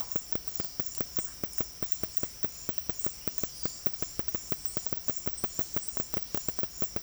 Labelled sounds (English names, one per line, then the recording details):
none
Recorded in dense forest near Puerto Asís, Putumayo, Colombia, on 20 February 2024 at 11:00
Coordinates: 0.487, -76.319
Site G6403